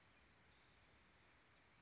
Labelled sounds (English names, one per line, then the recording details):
Bewick's Wren
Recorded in Sonoma County, California